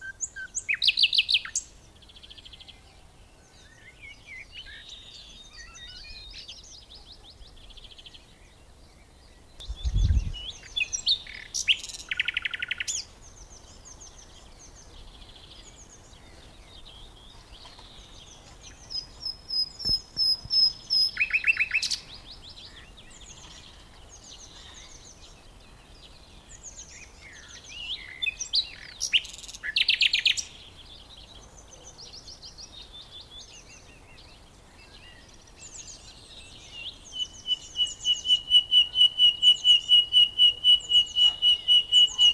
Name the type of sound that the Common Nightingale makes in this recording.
song